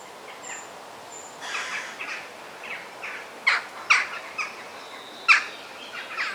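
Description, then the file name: Parrot making scratchy squawks that build into three or four sharp, loud bursts, with two brief high whistles at the start and steady hiss behind. Forest ambience. "Sounds of the Forest - The Parrot Song"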